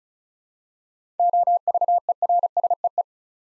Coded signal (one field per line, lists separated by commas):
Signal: Morse code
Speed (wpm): 36 wpm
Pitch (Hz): 700 Hz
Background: none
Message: OVERSEE